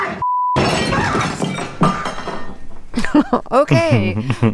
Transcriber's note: laughter